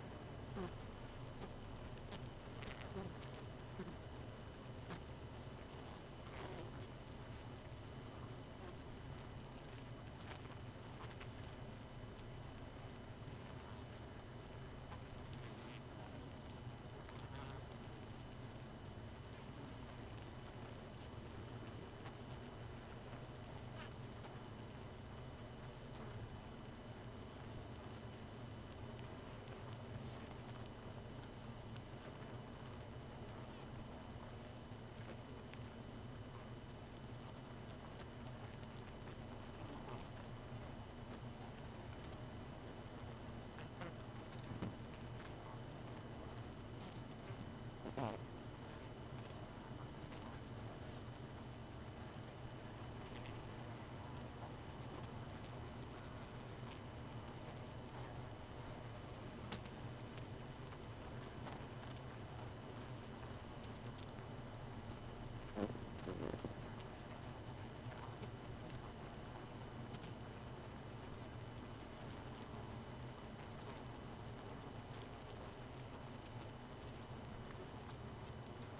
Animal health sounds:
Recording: honeybee colony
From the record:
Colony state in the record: missing queen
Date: 31 May 2018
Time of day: 2:33

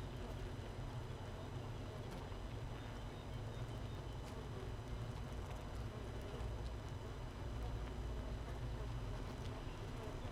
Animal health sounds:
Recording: honeybee colony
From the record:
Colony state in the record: missing queen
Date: 31 May 2018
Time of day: 6:04

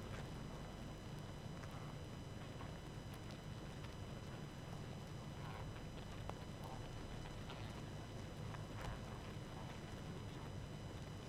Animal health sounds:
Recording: honeybee colony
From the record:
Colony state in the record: active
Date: 12 June 2018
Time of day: 20:21

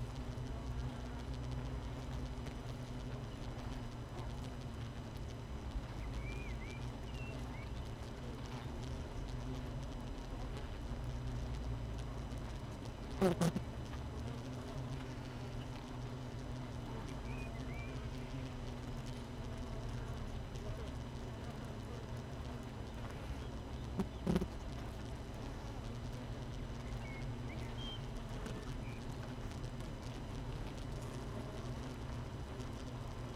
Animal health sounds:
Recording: honeybee colony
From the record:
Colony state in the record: missing queen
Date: 31 May 2018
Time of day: 7:05

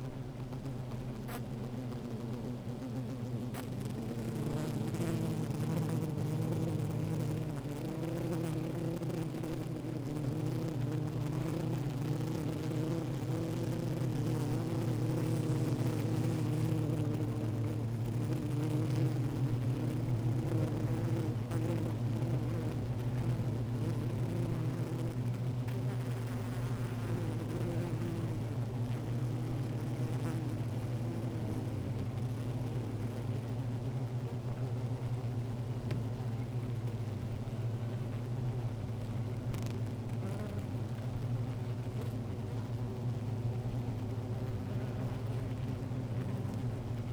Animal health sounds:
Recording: honeybee colony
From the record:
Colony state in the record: active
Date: 28 July 2017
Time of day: 16:11

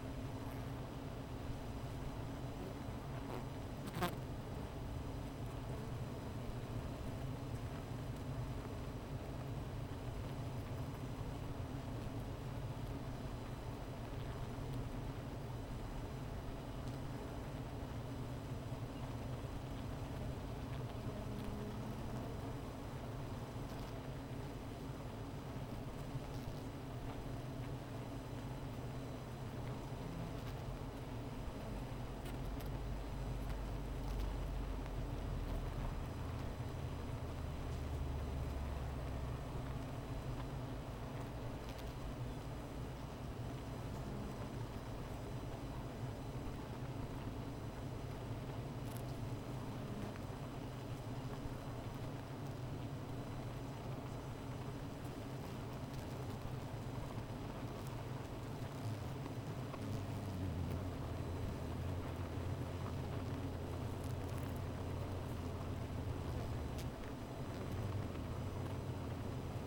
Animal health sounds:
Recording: honeybee colony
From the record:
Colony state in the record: missing queen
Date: 14 July 2017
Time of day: 16:02

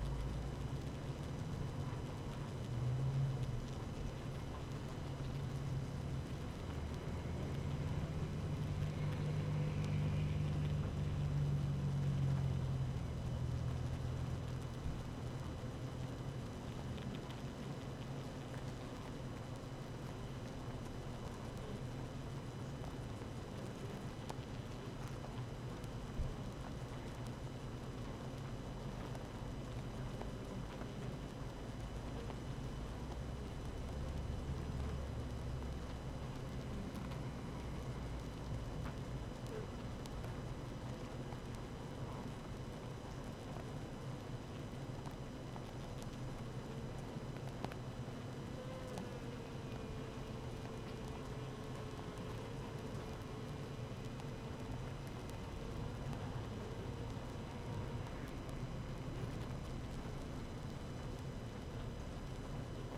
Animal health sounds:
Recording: honeybee colony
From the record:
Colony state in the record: active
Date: 12 June 2018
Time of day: 7:07

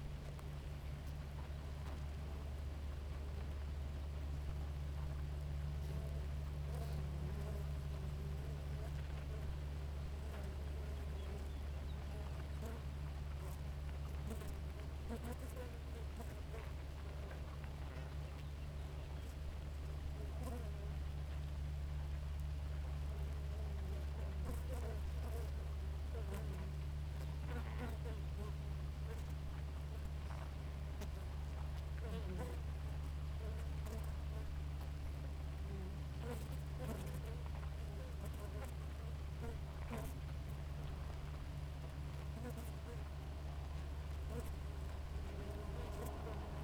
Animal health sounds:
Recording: honeybee colony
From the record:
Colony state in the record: active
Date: 28 July 2017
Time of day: 4:50

